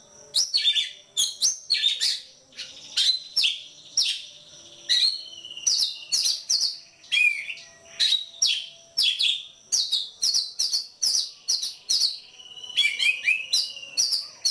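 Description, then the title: Magpie-robin delivering a continuous, loud medley of high whistles, chatters and sharp notes in short bursts, barely pausing throughout. Competition bird, national champion, singing in gacor style with loud nembak shots and ngerol rolling phrases; seven kinds of sounds every three minutes. "Kacer Poci Gacor Nembak Dan Ngerol Juara Nasional. 7 macam suara kacer setiap 3 menit"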